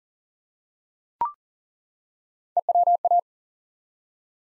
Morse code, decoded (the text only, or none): EWA